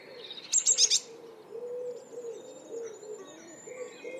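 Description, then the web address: Eurasian blue tit call: a brief cluster of high, rapid thin notes near the start, over repeated low cooing of a dove. "cianscape. Deverinetal"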